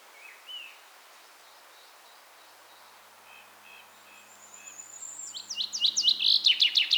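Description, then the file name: Common chaffinch song starting late: a loud run of sharp notes that is cut off at the end, after a high thin whistle and scattered soft chirps. "Fringilla coelebs"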